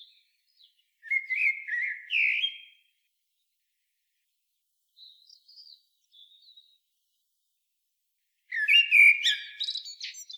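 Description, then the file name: Common blackbird giving a rich, fluted song phrase, a few soft high notes in the pause, then another twittering phrase near the end. "Turdus merula"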